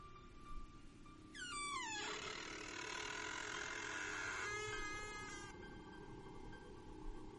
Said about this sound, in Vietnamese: Ngay lúc này đằng sau người tôi bỗng nhiên truyền đến âm thanh cánh cửa mở ra cọt cả cọt kẹt.